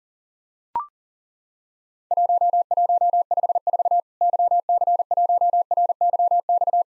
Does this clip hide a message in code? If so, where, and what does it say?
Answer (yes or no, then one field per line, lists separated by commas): yes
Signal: Morse code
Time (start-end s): 2.1-6.8 s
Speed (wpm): 40 wpm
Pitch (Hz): 700 Hz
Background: none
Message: 1154 YC1RYX